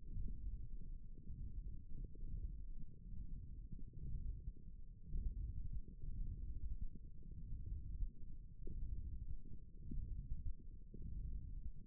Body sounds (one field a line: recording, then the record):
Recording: forearm muscle sounds (acoustic myography)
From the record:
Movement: hook grip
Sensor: system 1, eight BSWA MPA416 microphones around the upper forearm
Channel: 1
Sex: female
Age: 22 years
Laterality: right